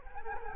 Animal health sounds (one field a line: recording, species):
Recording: mosquito wingbeat signal from an infrared sensor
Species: Culex quinquefasciatus